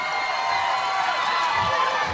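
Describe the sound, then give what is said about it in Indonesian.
A crowd screams and cheers continuously, a dense wall of high-pitched shrieks and whoops that stays loud and steady throughout. “… langsung teriak ya.”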